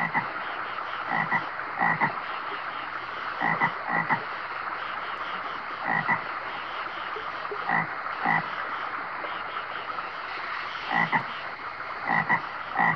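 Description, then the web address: Frogs croaking in a chorus, short harsh croaks in irregularly spaced bursts over a steady background noise. "лягушки"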